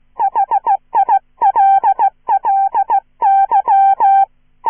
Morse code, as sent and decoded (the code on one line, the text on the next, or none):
.... .. .-.. .-.. -.--
HILLY